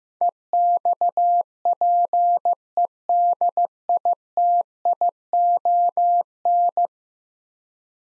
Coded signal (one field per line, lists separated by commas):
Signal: Morse code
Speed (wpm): 15 wpm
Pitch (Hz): 700 Hz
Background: none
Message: EXPEDITION